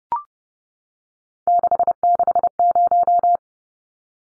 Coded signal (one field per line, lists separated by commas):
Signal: Morse code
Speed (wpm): 30 wpm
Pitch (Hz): 700 Hz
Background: none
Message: 660